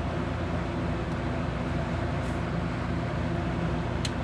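A torque wrench, held right behind the socket and pulled toward the user, tightens a bolt underneath an ATV (CF Moto 400) engine during an oil change. A steady low rumble runs throughout, and at 4.1 s the wrench gives a single sharp click at its set torque, confirming the bolt is tightened.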